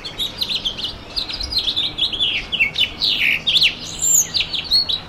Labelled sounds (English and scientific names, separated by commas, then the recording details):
House Finch (Haemorhous mexicanus) song
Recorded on Long Island, New York, on 23 June 2011
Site IT
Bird A